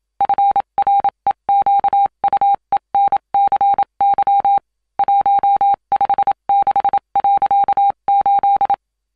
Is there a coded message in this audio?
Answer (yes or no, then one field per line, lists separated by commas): yes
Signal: Morse code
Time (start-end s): 0.2-8.7 s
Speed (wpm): 27 wpm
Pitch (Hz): 800 Hz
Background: none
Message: FREQUENCY 156.8